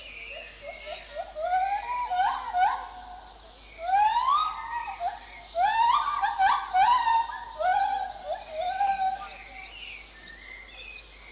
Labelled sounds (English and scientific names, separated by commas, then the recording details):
Lar Gibbon (Hylobates lar)
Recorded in captivity
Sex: pair
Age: adult
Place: Zoo Berlin, Berlin, DE
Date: 2004-06-07 13:20
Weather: heiter bis wolkig, 23-25°C
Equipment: Sony WM-D6C, Sennheiser ME 80, Kopie Uher 4000 Report Monitor
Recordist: Tembrock, Günter